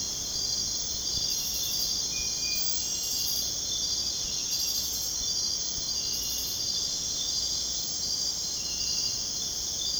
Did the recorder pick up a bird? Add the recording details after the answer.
no. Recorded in dense forest near Puerto Asís, Putumayo, Colombia, on 22 June 2025 at 00:00. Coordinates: 0.486, -76.317. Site G065